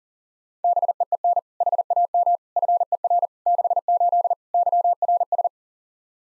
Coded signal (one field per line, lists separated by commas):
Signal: Morse code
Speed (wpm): 37 wpm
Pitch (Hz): 700 Hz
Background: none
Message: BEEN HAM FER 68 YRS